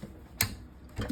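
A click-type torque wrench, dialed down, is used to tighten an engine bolt again on a Honda GX160. The wrench breaks over with a sharp click at 0.4 s, and a softer knock follows near 1.0 s. The wrench clicks at its setting.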